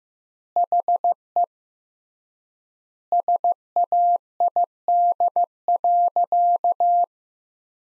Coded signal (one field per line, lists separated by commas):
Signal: Morse code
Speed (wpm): 15 wpm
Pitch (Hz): 700 Hz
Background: none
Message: HE SAID.